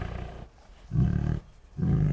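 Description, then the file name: Tiger growling: three deep, throaty rumbles separated by short quiet gaps. Two tigers making grumbly growls and moans. "Two Tigers Make Grumbly Growls and Moans [Sound Ideas]"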